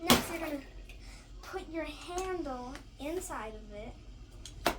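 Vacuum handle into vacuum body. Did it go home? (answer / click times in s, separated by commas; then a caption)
yes / 4.5 s, 4.7 s. Someone talks while the plastic handle of a Bissell Featherweight 2033 vacuum is inserted into the top of the vacuum body. Two clicks follow at 4.5 s and 4.7 s, the second louder, as the handle seats into the body.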